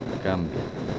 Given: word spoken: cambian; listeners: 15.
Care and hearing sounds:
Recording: one Spanish word in noise, from a listening test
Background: noise modulated by three-talker babble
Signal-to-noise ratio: 3.6 dB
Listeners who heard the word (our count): 0 of 15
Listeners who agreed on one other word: 7 of 15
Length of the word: 0.59 s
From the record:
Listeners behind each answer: 7, 4, 1, 1, 1, 1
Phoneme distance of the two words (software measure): 17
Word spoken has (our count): 2 syllables, 7 phonemes, stress on syllable 1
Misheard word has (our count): 2 syllables, 6 phonemes, stress on syllable 1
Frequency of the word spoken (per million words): 11.29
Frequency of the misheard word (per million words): 306.85

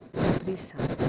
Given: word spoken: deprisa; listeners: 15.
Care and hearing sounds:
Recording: one Spanish word in noise, from a listening test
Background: noise modulated by one talker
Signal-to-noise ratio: -7.6 dB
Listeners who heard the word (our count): 1 of 15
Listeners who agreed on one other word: 8 of 15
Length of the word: 0.69 s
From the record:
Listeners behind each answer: 8, 2, 1, 1, 1, 1, 1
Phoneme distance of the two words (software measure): 14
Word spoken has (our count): 3 syllables, 7 phonemes, stress on syllable 2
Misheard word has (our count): 2 syllables, 5 phonemes, stress on syllable 1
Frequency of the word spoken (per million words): 7.15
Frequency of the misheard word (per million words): 26.08

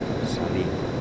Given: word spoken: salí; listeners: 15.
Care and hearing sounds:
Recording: one Spanish word in noise, from a listening test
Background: speech-shaped noise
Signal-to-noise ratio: -5.4 dB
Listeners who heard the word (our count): 1 of 15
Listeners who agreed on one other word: 8 of 15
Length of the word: 0.61 s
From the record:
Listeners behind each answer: 8, 2, 1, 1, 1, 1, 1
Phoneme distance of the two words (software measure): 7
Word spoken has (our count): 2 syllables, 4 phonemes, stress on syllable 2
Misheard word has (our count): 2 syllables, 5 phonemes, stress on syllable 2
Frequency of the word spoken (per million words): 13.03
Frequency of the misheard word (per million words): 147.13

